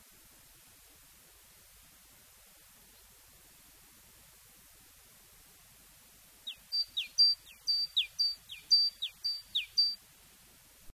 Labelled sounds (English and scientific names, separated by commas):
Great Tit (Parus major) song